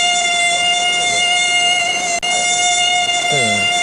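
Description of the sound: A simulated tinnitus sound, the last of five tinnitus sounds played one after another to an audience.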